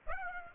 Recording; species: mosquito wingbeat signal from an infrared sensor; Aedes aegypti